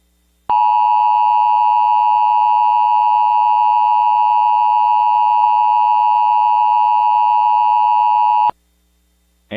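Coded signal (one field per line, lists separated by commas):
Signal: Emergency Alert System (SAME) tones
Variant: 853 and 960 Hz attention tone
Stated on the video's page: Valid EAS tones in a fictional mini scenario, using macros credited to another creator.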